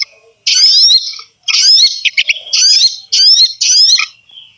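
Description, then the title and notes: Bird chatter: sharp, high, scratchy phrases about half a second long, repeated roughly once a second with short silences between. Compilation of bird lure calls meant to attract stubborn, hard-to-approach birds. "Suara Burung Bandel Yang Susah Mendekati. Kompilasi Suara Pikat Burung"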